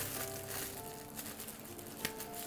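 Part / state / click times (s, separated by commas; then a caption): plastic sealing clip closing over a food bag / seated / 2.0 s. A plastic sealing clip with a nozzle is pressed shut over the opening of a plastic food bag. Steady tonal music plays, along with faint rustling. A short, sharp click at 2.0 s marks the clip locking closed.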